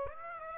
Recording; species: mosquito wingbeat signal from an infrared sensor; Aedes aegypti